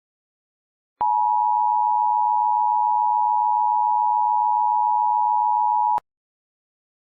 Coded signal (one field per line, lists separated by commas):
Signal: Emergency Alert System (SAME) tones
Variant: 853 and 960 Hz attention tone